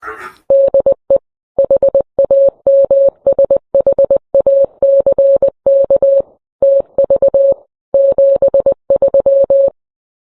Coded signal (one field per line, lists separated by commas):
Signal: Morse code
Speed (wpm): 20 wpm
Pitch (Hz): 550 Hz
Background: none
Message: DE HAMSHACK TV 73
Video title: Upcoming Hamfests You Can't Miss: Dayton Hamvention, Orlando Hamcation & More!